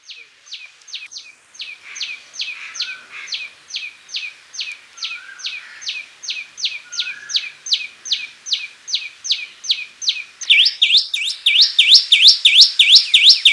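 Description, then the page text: Common tailorbird song: a long steady series of sharp notes, about three per second, growing louder near the end, with faint chirps behind. "Common Tailorbird Song. Quick Sounds"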